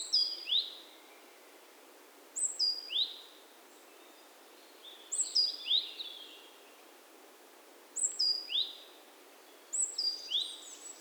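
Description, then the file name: Great tit repeating a call of high whistled notes ending in a rising chip, five times at irregular intervals, over soft hiss. "Parus major"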